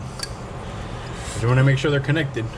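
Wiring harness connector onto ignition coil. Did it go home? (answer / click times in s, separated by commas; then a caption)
yes / 0.2 s. A wiring harness plug is pushed onto an ignition coil on an R35 engine, giving a sharp plastic click at 0.2 s. Someone talks through the rest of the clip. The connector is confirmed seated on the coil.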